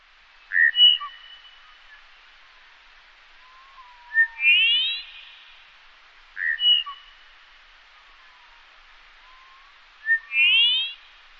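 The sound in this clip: Bird calls: a couple of clear whistled notes followed by a rising, buzzy run of notes, the pattern given twice about six seconds apart with faint low whistles between.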